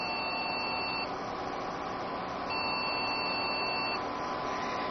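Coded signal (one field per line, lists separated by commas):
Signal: beep code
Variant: Award BIOS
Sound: long high beeps of about 1.3 seconds repeating with 1.5 second pauses, over a steady hum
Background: computer fan noise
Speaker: what we're hearing is a series of long beeps that continuously repeat according to the documentation that came with this motherboard that is in fact the error code for an award by us which is what this has where there's a failure in the first bank of memory or no memory has been detected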